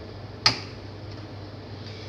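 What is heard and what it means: A RAM stick is pressed firmly into the yellow primary-RAM DIMM slot on a motherboard until the retaining clip snaps shut. A single sharp click is heard at 0.5 s over a low steady hum, then fades quickly. The module is seated.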